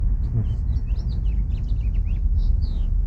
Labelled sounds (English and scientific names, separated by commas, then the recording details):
House Finch (Haemorhous mexicanus) song
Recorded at Hewlett on Long Island, New York, on 10 June 1975
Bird A